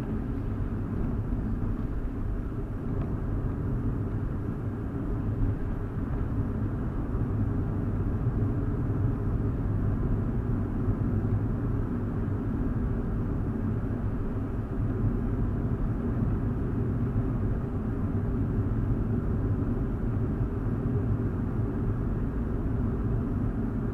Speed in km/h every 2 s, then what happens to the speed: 58, 58, 58, 58, 61, 63, 61, 63, 63, 61, 61, 60.
0-24 steady at about 61.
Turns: none.